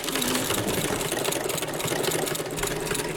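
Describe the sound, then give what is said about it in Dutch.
An old-fashioned hand-cranked sewing machine, of a type seen in the 1950s, runs steadily in a small room of a culture palace, its rapid mechanical clatter and whirring stitch rhythm continuous and fairly loud throughout, with no voices over it. “Nou, dit is zo'n hele ouderwetse naaimachine. Zo'n eentje die je bij ons in de jaren 50 nog wel zag. Handgedraaid.”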